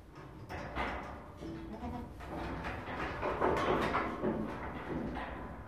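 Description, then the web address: Goat bleating, a series of wavering nasal bleats repeated in quick succession over a low background rumble. "козел"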